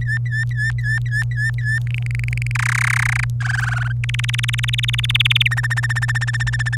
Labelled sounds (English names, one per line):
Domestic Canary song